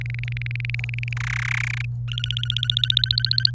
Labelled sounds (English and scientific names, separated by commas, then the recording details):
Domestic Canary (Serinus canaria) song
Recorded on 27 April 2018 at 10:26
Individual llb3